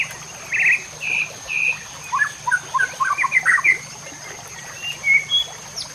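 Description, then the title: White-rumped shama song of clear whistled notes, some drawn out and level and others short and tumbling, delivered in quick bursts over a steady high background hum. Masteran training song used to teach caged birds. "MURAI BATU LABAIK"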